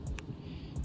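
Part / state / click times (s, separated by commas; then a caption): wiring harness connector into third brake light housing / seated / 0.2 s. A plastic wiring harness connector is pushed into the socket of an LED third brake light housing during installation. After a faint tick at 0.1 s, a sharp, short click rings out at 0.2 s as the connector seats in place.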